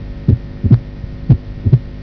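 Regular low-pitched adult heart sounds heard through a stethoscope, about 60 beats a minute, with a quiet steady hum between them. Each cycle has two dull thumps close together, followed by a longer pause.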